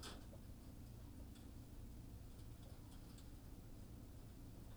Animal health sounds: poultry house recording; healthy chickens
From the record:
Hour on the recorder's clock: 18

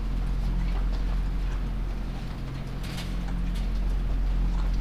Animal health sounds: poultry house recording; sick chickens (respiratory disease)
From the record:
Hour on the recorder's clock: 2

